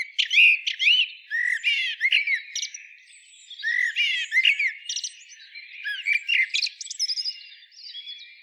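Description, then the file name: Common blackbird song in short bursts of mellow, swooping notes, each phrase ending in squeaky chatter, with brief pauses between phrases. "Turdus merula"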